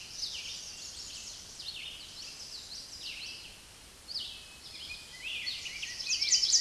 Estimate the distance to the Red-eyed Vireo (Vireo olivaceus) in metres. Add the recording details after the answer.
about 30 m. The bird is about 5 m below the microphone. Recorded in a Pennsylvania forest on 16 May 2024 at 08:52. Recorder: AudioMoth, point MSD-2166. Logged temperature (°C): 16.3 °C. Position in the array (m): 134 m, 19 m